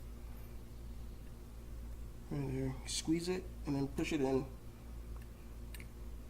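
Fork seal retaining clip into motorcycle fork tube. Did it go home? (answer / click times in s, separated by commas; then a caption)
yes / 5.8 s. Someone talks while squeezing the metal retaining clip and pushing it into its groove in the fork tube above the new fork seal on a 1978 Kawasaki KZ750 motorcycle. Two sharp snaps sound at 5.7 s and 5.8 s as the clip seats in place all the way around.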